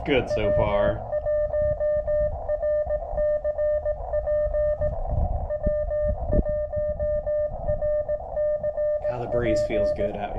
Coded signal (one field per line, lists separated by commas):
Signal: Morse code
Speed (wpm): 18 wpm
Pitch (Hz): 590 Hz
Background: speech, music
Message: W1RCP W1RCP